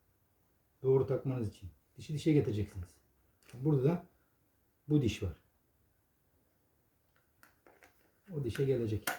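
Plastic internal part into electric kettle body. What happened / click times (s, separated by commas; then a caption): The plastic part was handled and lined up, with no seating click / none. Someone talks while a plastic internal part is handled and turned so its tooth lines up with the matching tooth inside an electric kettle body, ready to be pressed home. Only faint handling taps are heard, around 7.4, 7.7 and 7.8 seconds. Nothing has seated or clicked yet.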